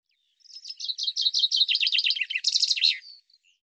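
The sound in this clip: Common chaffinch song: a bright, rapid series of trilled notes that descends in pitch, then ends in a short emphatic flourish; no other sounds.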